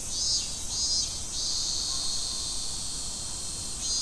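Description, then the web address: Cicada song: a steady high, hissing drone with brief louder pulsing surges near the start and again at the end. Fukushima, 30 July 2015. "fukudai fu cicadda"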